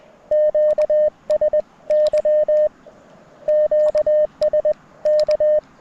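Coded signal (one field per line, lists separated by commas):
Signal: Morse code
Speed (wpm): 20 wpm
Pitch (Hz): 610 Hz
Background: none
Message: QSY QSK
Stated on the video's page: QRP CW Parks on the Air activation with a Mountain Topper MTR4B and BaMaKeY paddles, rough band conditions, weaker signals than normal.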